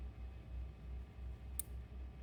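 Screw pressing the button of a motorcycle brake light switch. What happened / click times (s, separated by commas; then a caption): The switch button clicked in when pressed / 1.6 s. A screw is pushed into a motorcycle brake light switch, pressing its button in. Over a steady low hum, a single sharp click sounds at 1.6 s, and the button clicks in when pressed.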